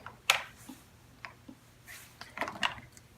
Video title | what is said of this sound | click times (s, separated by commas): IAH ThermaCor Education | And it just clicks right in. | 0.3 s